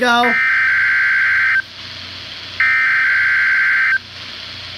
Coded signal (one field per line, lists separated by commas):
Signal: Emergency Alert System (SAME) tones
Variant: header bursts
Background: speech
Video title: EAS 56 WXM33 RWT